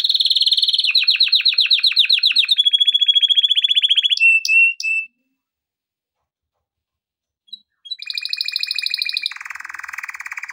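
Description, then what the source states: Canary song: quick rolling trills dropping in pitch, sharp high notes, about three seconds of silence, then renewed trilling at two pitches. Song intended for training canaries.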